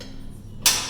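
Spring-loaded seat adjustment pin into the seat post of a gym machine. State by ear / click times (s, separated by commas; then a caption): seated / 0.7 s. A seated user pulls out the yellow spring-pin knob on a gym weight machine and slides the seat up along the seat post until the spring-loaded adjustment pin clicks into the next hole, since without the click the seat isn't secure. After a quiet low rumble, a sharp, bright metallic click lands at 0.7 s and fades over the rest of the second. The pin is seated and the seat is locked in place.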